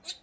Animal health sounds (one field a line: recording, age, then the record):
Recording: pig call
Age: piglet (1 to 25 days)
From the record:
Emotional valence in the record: negative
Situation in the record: restrain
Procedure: back test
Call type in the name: high-frequency call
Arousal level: low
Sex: male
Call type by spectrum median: high-frequency call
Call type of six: low-frequency tonal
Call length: 0.23 s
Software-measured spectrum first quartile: 3874 Hz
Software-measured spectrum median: 5609 Hz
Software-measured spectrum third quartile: 7757 Hz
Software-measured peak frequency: 7907 Hz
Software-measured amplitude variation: 254 dB a second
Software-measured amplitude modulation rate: 6.4 a second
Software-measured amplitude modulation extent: 39.5 dB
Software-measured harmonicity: 7.8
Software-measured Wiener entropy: -1.94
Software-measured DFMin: 493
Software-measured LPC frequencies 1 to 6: 697, 1804, 2613, 3704, 4070, 4653 Hz